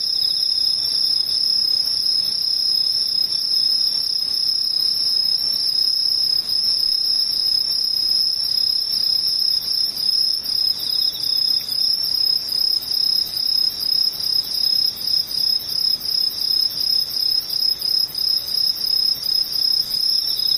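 Insects trill steadily in a high, piercing band, with a fainter, even higher whine and soft rhythmic pulsing toward the end.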